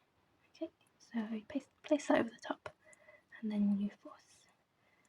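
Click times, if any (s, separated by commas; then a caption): none. A plastic backing washer, cup side facing the eye, is being placed over a toy safety eye's stem through knitted fabric, ready to be forced down, while someone talks quietly, almost whispering. Only soft handling sounds are heard, and nothing has seated or clicked yet.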